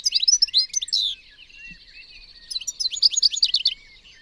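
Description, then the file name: European goldfinch giving two fast runs of bright, chirpy, tinkling notes, one at the start and another after a short pause. "Carduelis carduelis"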